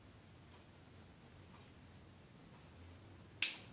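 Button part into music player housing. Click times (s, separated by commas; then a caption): 3.4 s. A button part is pressed into the housing of an iPod classic during a water damage repair. Faint low background noise leads up to a single sharp click at 3.4 seconds as the button snaps into place.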